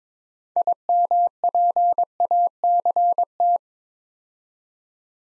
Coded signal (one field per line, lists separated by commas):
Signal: Morse code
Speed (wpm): 23 wpm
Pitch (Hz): 700 Hz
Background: none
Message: IMPACT